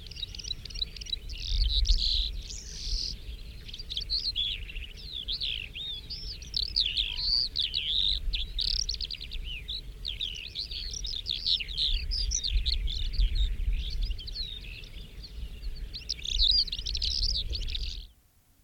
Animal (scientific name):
Melanocorypha calandra